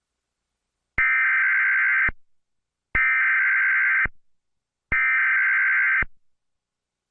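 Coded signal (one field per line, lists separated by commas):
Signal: Emergency Alert System (SAME) tones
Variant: header bursts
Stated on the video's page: EAS alert that interrupted a television cartoon broadcast.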